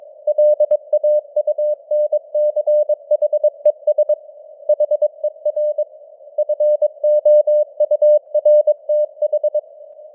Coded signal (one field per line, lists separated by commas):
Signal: Morse code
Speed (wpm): 22 wpm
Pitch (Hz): 600 Hz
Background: none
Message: LAUNCHES HER FOURTH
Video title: Morse Code News | 2025-10-31 | 22wpm